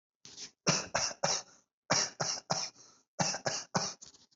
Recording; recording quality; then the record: shallow voluntary cough; excellent, no background noise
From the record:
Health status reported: healthy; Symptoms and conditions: none ticked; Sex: male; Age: 30 years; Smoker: yes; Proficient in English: yes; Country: India